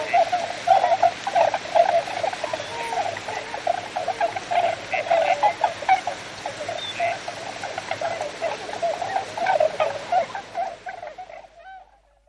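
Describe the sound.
Tundra swan flock calling, a dense chorus of mellow hooting and yelping notes overlapping continuously, fading out abruptly near the end.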